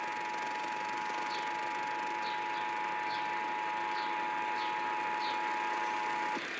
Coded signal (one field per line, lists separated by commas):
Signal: Emergency Alert System (SAME) tones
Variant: 853 and 960 Hz attention tone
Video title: [EAS #71-75] San Francisco's May RMT's